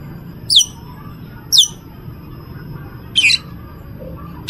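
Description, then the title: Cucak keling giving four sharp, high squeaky notes spaced a second or more apart over a steady low background hum. Various fill songs (aneka isian). "Cucak Keling EmCeEm"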